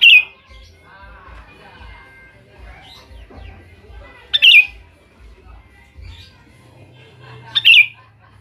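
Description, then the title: Sooty-headed bulbul song: bubbly, falling warbled phrases repeated roughly every three to four seconds, three in all, over soft low knocks and faint rustling. "Kutilang"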